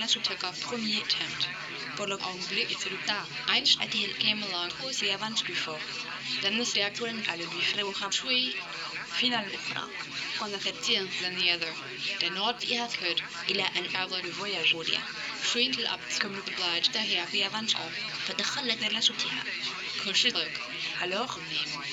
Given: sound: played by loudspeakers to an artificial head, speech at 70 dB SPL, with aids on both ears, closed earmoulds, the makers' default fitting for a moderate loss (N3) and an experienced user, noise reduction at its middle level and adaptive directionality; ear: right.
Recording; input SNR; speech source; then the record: speech test signal (ISTS) in cocktail-party noise; +3 dB; on the right (90 degrees)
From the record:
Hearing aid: class 1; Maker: A